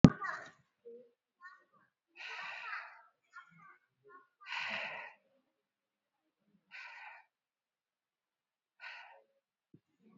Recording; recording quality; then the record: shallow breathing; excellent, no background noise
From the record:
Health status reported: COVID-19 positive, no symptoms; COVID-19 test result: positive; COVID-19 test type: RT-PCR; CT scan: taken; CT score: 2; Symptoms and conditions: cold, fever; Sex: male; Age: 37 years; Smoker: no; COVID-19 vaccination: one dose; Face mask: worn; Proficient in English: yes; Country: India